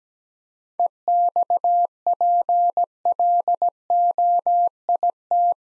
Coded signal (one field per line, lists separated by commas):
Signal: Morse code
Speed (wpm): 17 wpm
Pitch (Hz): 700 Hz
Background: none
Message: EXPLOIT